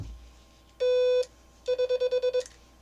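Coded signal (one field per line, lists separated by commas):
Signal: none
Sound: a bug's clicking contacts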